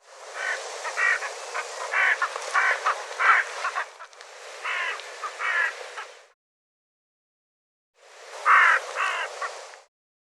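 A bird repeats harsh, throaty calls, several in a quick row, then a pause and a couple more hoarse bursts.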